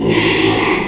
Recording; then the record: squeal of a Yucatan mini pig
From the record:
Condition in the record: after surgery on the right vocal fold (resection and tissue-engineered implant); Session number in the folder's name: 1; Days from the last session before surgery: 6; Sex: male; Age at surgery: 12 weeks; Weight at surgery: 13 kg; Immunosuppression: cyclosporine, prednisolone